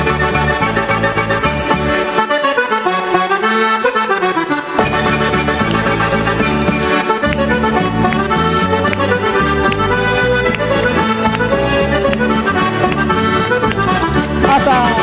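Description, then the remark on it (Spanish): Distant accordion music echoing during a summer fiesta, played by Chiriguay at the Puerta de la Perla: dense, sustained reedy chords under a wavering melody, fairly loud and continuous, the bass briefly thinning out early before returning. “De fondo, a lo lejos, resuena el eco del acordeón.”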